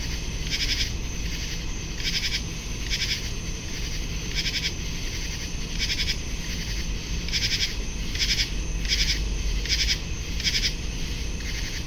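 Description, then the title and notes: Common true katydid chorus: several insects trade scratchy, clipped rasps in irregular clusters, over a constant high trill and low background hum. Chorus of many katydids singing, July 23, 2015, 10:05 PM, 75 degrees, picnic grove beside west Dyke Marsh, Virginia; spring or fall crickets, distant airplane and car traffic in background; parabolic microphone. "Many Common True Katydids singing on July 23, 2015 at 10:05PM (75 degrees)in Picnic Grove of River Towers Condos alongside of west Dyke Marsh. Heard in background: Spring or Fall Crickets"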